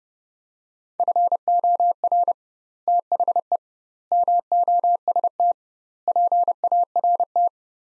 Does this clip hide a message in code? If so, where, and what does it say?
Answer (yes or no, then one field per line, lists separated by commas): yes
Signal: Morse code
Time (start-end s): 1.0-7.5 s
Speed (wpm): 30 wpm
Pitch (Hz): 700 Hz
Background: none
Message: FOR THE MOST PART